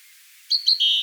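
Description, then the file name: Great tit calls: a short series of high, thin chirping notes in quick succession, ending in a brief sharp note. "Parus major"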